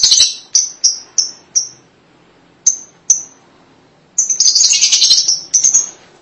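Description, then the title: Lovebird calls: a series of short shrill chirps, ending in a noisy squeaky chatter. "BM Suara Burung Lovebird"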